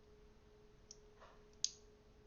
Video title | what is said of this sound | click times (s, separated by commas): Guardian Link Sensor Change Why Use ONLY 1 overtape | And you feel it click. | 1.6 s